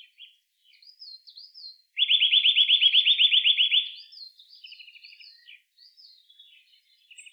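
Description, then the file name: Eurasian nuthatch giving a fast, loud trill of repeated upswept notes lasting about two seconds, surrounded by softer high chirps and a brief quieter trill afterward. "Sitta europaea"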